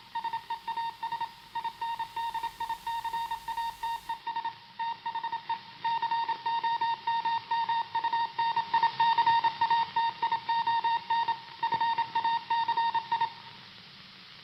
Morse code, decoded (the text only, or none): SEAS INDICATES THE COMMUNICATION FACI